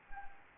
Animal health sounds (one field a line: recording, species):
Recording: mosquito wingbeat signal from an infrared sensor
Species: Anopheles gambiae